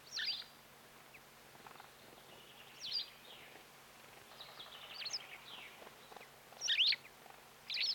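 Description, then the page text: White wagtail: sharp, high twittering chirps in short bursts, spaced irregularly with quiet gaps and a faint low hum underneath. "Дарвиновский музей - Белая трясогузка"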